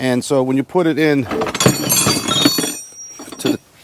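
Someone talks while a fluted steel bit is pushed into the chuck of a large hammer drill, with brief sharp handling knocks around 1.6 seconds. The bit has not seated or locked into the chuck yet.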